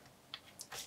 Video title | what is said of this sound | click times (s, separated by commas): Dell Inspiron 17-3793 - M.2 SSD, 2.5" HDD, DDR4 RAM and WiFi Upgrade Guide | press down until it clicks into place | 0.3 s, 0.6 s